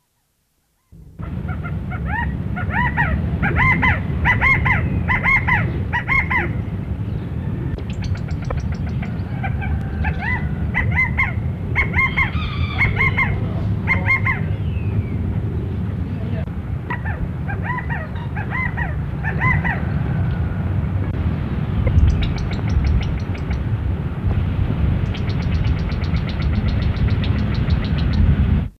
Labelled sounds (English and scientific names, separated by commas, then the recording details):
California Quail (Callipepla californica) call
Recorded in captivity
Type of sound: call
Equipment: Halbspur, 9,5 cm/s
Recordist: Lütgens, Hans
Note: Zoo: Rufe